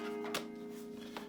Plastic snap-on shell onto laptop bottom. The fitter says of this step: all right so i'm just snapping in the back of the case